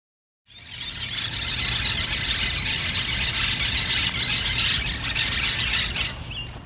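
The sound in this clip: Monk parakeets making raucous calls, a dense, continuous harsh squealing chatter that runs unbroken for about six seconds.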